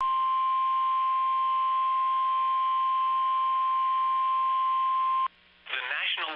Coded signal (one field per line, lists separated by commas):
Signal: Emergency Alert System (SAME) tones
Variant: 1050 Hz attention tone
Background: speech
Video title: Severe Thunderstorm Warning (EAS #447)